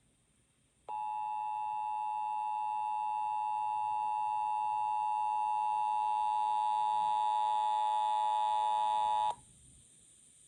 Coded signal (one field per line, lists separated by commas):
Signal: Emergency Alert System (SAME) tones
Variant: 853 and 960 Hz attention tone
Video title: Farewell Old Bed (Pacific IPAWS Weekly Test from 5/27/23) (EAS #1,024)